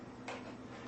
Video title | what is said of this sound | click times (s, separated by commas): Shark Rotator Professional Liftaway Vacuum Unbiased Review | and it really does click into place nicely it feels like | 0.3 s